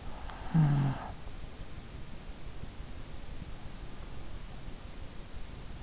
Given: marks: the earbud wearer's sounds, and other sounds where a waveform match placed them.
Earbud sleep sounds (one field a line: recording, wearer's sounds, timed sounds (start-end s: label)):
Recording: sounds in sleep by an in-ear microphone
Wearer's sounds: snoring breath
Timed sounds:
0.36-1.73 s: snoring breath